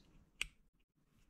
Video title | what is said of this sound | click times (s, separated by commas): ECU Master Connector Wiring Tutorial. ECUmaster Tutorials EP.1 | So all the way and I'll you'll hear the click. | 0.4 s